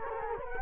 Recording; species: mosquito wingbeat signal from an infrared sensor; Culex quinquefasciatus